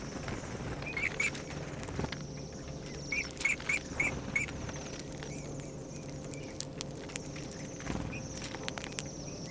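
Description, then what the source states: Eurasian Bullfinch calls: short, soft piped notes, a pair near one second, then a run of several between three and four and a half seconds and fainter ones later, over tapping and a steady hum. Field recording made in Finland, released on cassette in 1987.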